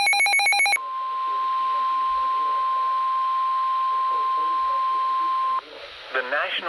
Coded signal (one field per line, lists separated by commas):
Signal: Emergency Alert System (SAME) tones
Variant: 1050 Hz attention tone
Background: speech